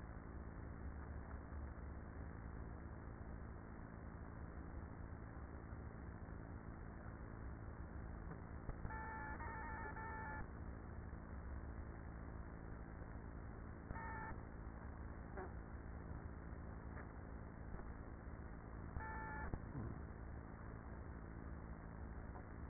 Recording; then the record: honeybee colony, microphone inside the hive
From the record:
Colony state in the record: queenless with a low population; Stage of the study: after two queens were removed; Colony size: about 30,000 bees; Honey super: no